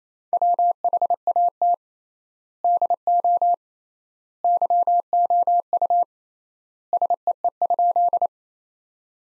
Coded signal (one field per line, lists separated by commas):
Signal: Morse code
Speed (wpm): 28 wpm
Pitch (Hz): 700 Hz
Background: none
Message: WHAT DO YOU SEE?